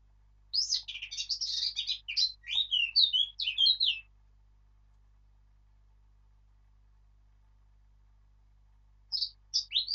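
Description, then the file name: Eurasian blackcap song: a fast, varied warbling phrase of scratchy and whistled notes lasting a few seconds, then silence before another phrase begins near the end. "Sylvia atricapilla"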